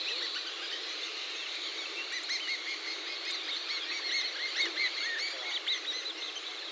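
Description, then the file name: Bird chorus: many overlapping high chirps and twitters blend into a steady, hissy wash of sound. "SABIOD 50 bird 2015"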